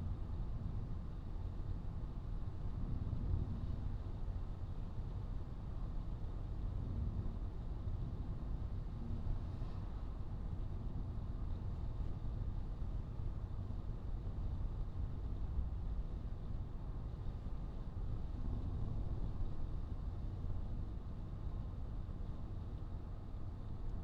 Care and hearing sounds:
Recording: everyday scene through a hearing-aid microphone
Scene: in a vehicle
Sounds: engine, traffic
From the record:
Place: Skoda Fabia, gasoline engine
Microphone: in the ear canal, right

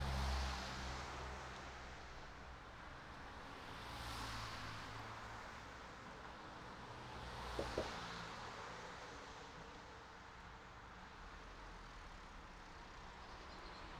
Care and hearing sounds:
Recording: everyday scene through a hearing-aid microphone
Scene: in traffic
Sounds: traffic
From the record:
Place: city secondary road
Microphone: in the ear canal, right

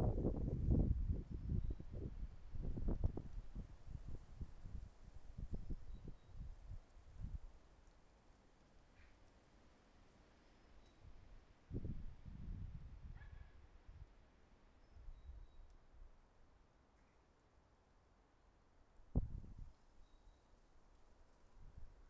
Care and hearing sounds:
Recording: everyday scene through a hearing-aid microphone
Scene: wind on the microphone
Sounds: wind, traffic, birds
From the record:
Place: suburban garden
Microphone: behind the ear, left, front

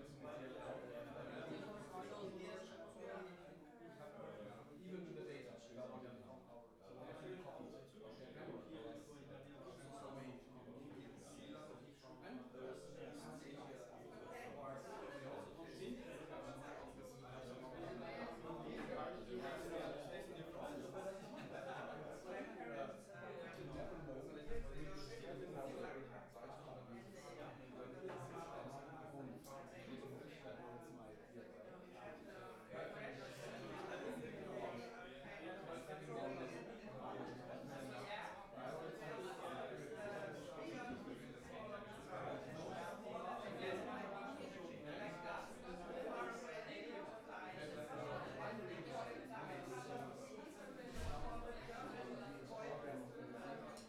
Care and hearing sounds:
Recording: everyday scene through a hearing-aid microphone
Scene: many people talking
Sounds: many voices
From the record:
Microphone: behind the ear, right, rear

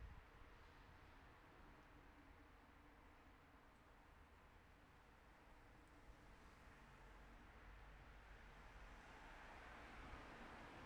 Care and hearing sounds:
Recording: everyday scene through a hearing-aid microphone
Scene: in traffic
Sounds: traffic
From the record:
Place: city secondary road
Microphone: behind the ear, left, rear

